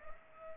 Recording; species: mosquito wingbeat signal from an infrared sensor; Culex pipiens